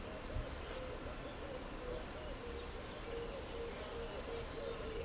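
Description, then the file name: Owl giving soft, low hoots repeated throughout, partly buried under intermittent high cricket chirring and a constant background hum. Field near a village in Putti, Uganda. "owls field village distant voices kids Putti Uganda"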